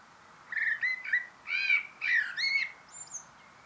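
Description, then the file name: Common blackbird calls: a run of short, harmonic, slightly squawky notes near the same pitch, given in small clusters with brief gaps, over a quiet background. "Turdus merula"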